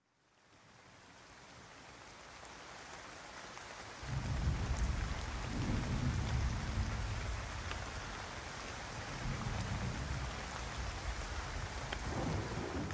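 A played rain and thunderstorm sound effect: steady rain hisses without a break while deep thunder rumbles in at about four seconds and rolls on, swelling again later in a long low roar beneath the downpour.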